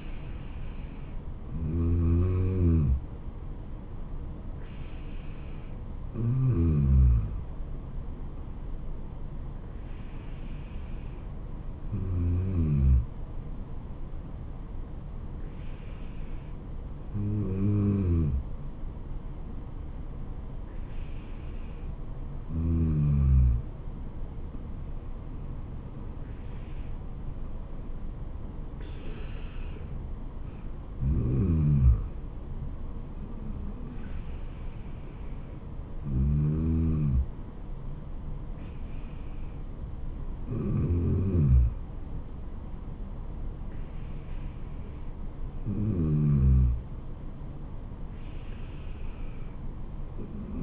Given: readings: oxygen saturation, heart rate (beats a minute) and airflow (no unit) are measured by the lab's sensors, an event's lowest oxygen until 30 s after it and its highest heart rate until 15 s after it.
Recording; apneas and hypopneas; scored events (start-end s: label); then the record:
breathing in sleep by a smartphone at the bedside; none
4.00-50.63 s: new sleep stage, N2 (light sleep)
From the record:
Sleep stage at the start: N1 (lightest sleep); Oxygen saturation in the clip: 93 to 94%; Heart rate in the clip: 66 to 78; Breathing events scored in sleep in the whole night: 426 in 7.4 hours asleep